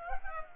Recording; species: mosquito wingbeat signal from an infrared sensor; Culex pipiens